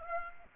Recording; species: mosquito wingbeat signal from an infrared sensor; Aedes aegypti